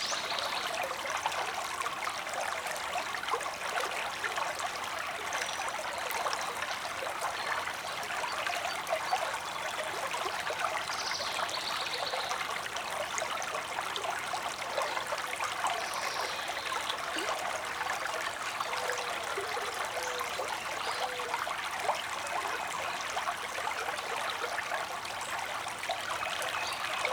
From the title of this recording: Flowing Creek in the Woods